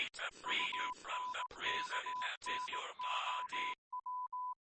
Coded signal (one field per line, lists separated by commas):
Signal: Morse code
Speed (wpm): 18 wpm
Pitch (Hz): 1000 Hz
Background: none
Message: UNKNOW